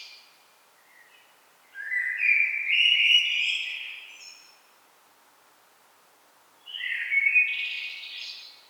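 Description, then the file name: Common blackbird song: two rich, fluty warbled phrases separated by a pause, each rising into thin, scratchy high notes. "Turdus merula"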